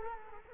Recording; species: mosquito wingbeat signal from an infrared sensor; Culex quinquefasciatus